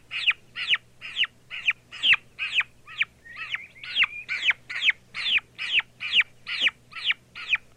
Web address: Turkey Chicks